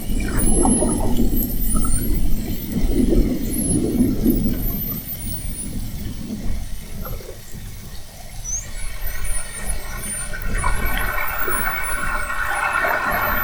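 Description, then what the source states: Spinner dolphin whistles, several high rising and falling tones, with a low rumble and a buzzy pulsed burst in the second half. Whistles, recorded at Fernando de Noronha.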